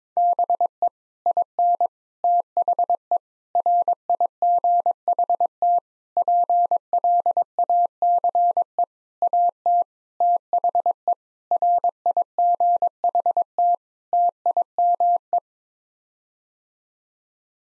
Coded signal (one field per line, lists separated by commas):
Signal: Morse code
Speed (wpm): 21 wpm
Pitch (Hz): 700 Hz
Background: none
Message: BE IN THE RIGHT PLACE AT THE RIGHT TIME